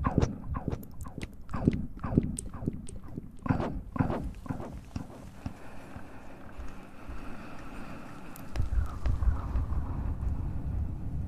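ASMR mouth sounds: a quick run of wet clicks and pops over the first five seconds, fairly regular and bright. After that the clicks thin out into a softer rustling hiss, and a low rumbling rub swells in near the end.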